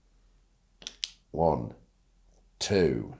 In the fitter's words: right then it says fill your tubes press the red button down firmly for 2 seconds till you hear a click then release